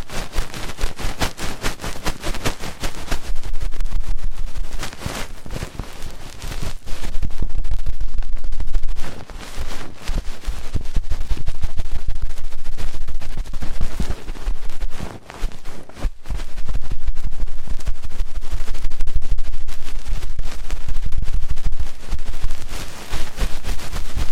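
Fast, intense ear cleaning fills the clip with a dense stream of crackling, scratching strokes that run almost without pause. The sound is loud and rough across lows and highs, with brief dips near 3, 10, and 15 seconds before the rapid rubbing resumes.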